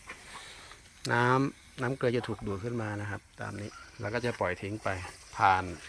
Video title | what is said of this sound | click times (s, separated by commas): การล้างถังกรองเรซิ่นหรือกรอง Softener | หมุนมาตรงนี้นะครับตรงนี้ตรงนี้ดังแก๊กทีนึง | 0.1 s